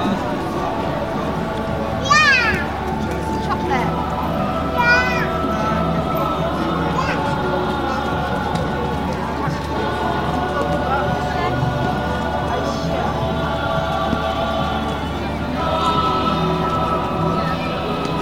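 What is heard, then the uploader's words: A busy outdoor Christmas market hums with overlapping chatter and crowd noise, with a few bright chirpy calls near two and five seconds. Plymouth Christmas Market.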